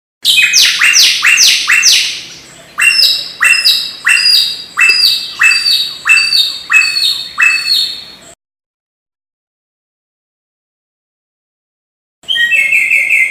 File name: audio burung samyong untuk masteran murai batu omkicau